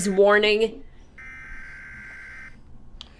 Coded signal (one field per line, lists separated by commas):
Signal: Emergency Alert System (SAME) tones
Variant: header bursts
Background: speech